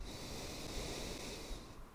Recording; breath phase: one breath near a microphone; exhalation